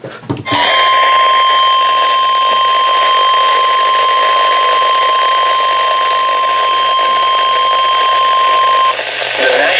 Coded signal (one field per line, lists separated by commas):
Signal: Emergency Alert System (SAME) tones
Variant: 1050 Hz attention tone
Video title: Hail, Hail, and MORE HAIL! | [EAS #246-269] | EAS Alerts From 5/6/2026